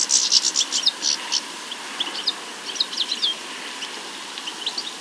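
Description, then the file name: European goldfinch calls: a rapid burst of high, tinkling twitters for the first second and a half, then scattered short chirps at irregular intervals over a steady hiss. "Carduelis carduelis"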